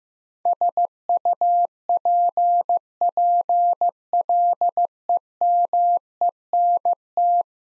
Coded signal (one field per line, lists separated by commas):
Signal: Morse code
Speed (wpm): 15 wpm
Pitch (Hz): 700 Hz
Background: none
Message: SUPPLEMENT